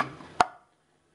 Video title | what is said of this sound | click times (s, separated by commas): BCGS video 4 - maintenancing T-motor | once you hear the click you know it's on | 0.4 s